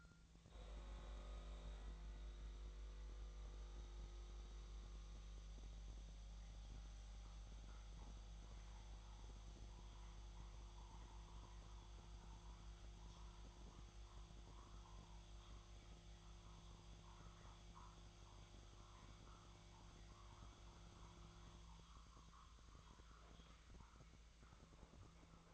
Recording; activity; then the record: daily activity, microphone in the room; make coffee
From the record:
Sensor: 3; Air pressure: 1000.3 hPa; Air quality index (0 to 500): 146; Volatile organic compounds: 2 ppm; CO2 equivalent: 1291 ppm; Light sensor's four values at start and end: 36/90/38/41 and 36/88/38/41